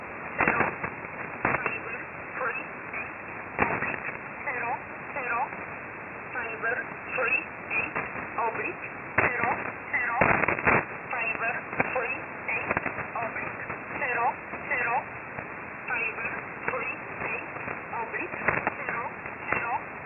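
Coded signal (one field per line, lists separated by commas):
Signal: numbers station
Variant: E11 Oblique, English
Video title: 14 06 2021 Number station E11 Oblique in English to Eu 0900 on 7449 unknown tx site in USB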